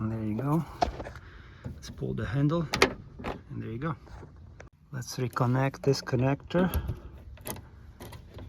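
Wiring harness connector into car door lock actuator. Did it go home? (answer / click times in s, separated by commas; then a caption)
yes / 7.5 s. Someone talks while a wiring harness connector is pushed back onto a new door lock actuator in a Toyota car door. The plastic connector latches home with a small click at 7.5 s, and it is seated.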